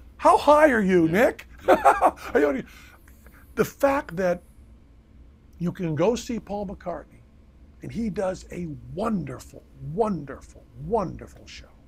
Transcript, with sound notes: How high are you, Nick? *laughs*
Yeah.
The fact that you can see Paul McCartney, and he does a wonderful, wonderful, wonderful show.